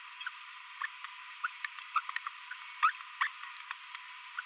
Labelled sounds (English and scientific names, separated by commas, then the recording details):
Green-rumped Parrotlet (Forpus passerinus) babbling
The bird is a female
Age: 22 days
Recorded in a nest box in Venezuela
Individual 17B42B1